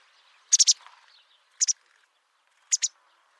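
Bird calls: short, very high chirps given in tight pairs or triplets, with the three bursts spaced about a second apart against near silence.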